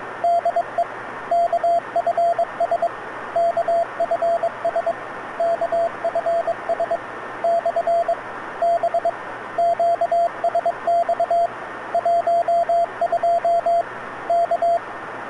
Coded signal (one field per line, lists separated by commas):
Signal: Morse code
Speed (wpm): 21 wpm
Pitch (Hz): 680 Hz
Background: radio noise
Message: DE KFS KFS KFS / B QSX 12 K